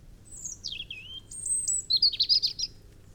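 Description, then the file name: European robin song: a thin high whistle slides downward, then a quick jangling run of high, tinkling notes. "Erithacus rubecula"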